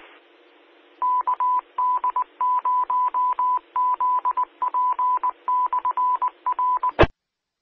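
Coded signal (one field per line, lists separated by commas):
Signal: Morse code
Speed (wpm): 20 wpm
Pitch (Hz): 1000 Hz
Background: none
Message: KD0ZP/R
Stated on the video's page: Audio from a Broadcastify feed of the 444.825 MHz repeater during a linked amateur net.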